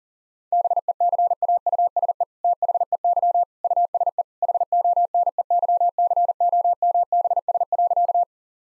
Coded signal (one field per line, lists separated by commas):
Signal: Morse code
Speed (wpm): 40 wpm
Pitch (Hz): 700 Hz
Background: none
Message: BECAUSE THEY USE HONEYCOMBS.